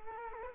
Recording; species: mosquito wingbeat signal from an infrared sensor; Culex quinquefasciatus